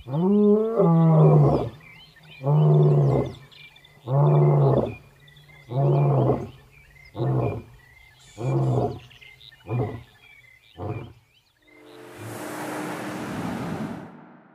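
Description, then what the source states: Lion roar sequence: a rising opening moan, then a series of deep grunting roars that grow shorter and quicker, ending with a burst of rushing noise. Lion call in Kruger National Park, South Africa.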